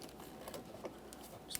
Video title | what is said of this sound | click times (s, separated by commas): How To Replace Vehicle Speed Sensor 2014-2019 Toyota Corolla 1.8L L4 | Just press that on. Listen for a click. Make sure it's secured in place. | 1.5 s